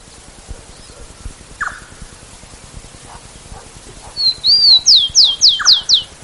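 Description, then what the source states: Rufous-collared Sparrow song: a couple of short thin whistled notes followed by a series of several clear, descending slurred notes, with faint clicks and background hiss earlier. Chingolo song presented as an example of the species' regional song dialects.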